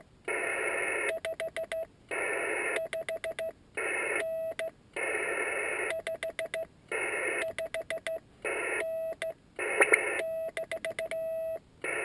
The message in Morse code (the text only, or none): 55N 55N -